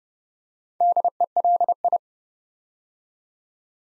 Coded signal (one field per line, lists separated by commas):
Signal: Morse code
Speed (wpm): 30 wpm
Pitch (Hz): 700 Hz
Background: none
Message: DELI